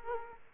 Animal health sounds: mosquito wingbeat signal from an infrared sensor; Aedes aegypti

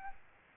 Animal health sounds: mosquito wingbeat signal from an infrared sensor; Aedes albopictus

